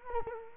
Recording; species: mosquito wingbeat signal from an infrared sensor; Culex quinquefasciatus